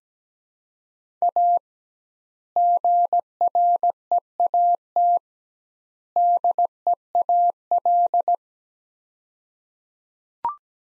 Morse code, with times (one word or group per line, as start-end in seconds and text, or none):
1.2-1.6 A
2.6-5.2 GREAT
6.2-8.3 DEAL